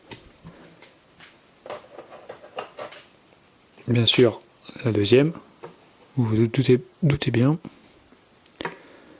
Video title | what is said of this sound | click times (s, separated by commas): Saint Seiya Myth Cloth News - Review Pack Shion du Bélier Surplis EX | donc ça aussi les deux pièces du genou ce sont des pièces en métal elles viennent s'enfoncer avec un petit clic je sais pas si vous avez pu entendre | 8.6 s